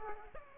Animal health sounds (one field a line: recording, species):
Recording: mosquito wingbeat signal from an infrared sensor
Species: Aedes aegypti